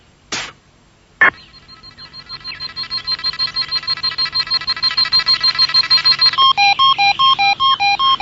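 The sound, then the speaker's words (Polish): An electronic alarm beeps in rapid, evenly spaced pulses that swell steadily louder, then shifts into an alternating high-low pattern. Two sharp clicks come just before it starts. “Znowu alarm? Tym razem z góry.”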